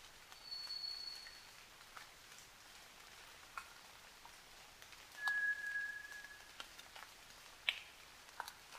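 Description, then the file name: White's thrush song: a high, eerie whistle followed seconds later by a lower steady whistle, with light pattering and a sharp tick. At night, 29 June 2009, 23:14. "toratugumi-20090629-2314"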